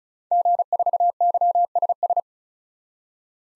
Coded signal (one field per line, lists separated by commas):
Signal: Morse code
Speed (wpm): 36 wpm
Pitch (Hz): 700 Hz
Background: none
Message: G4YSS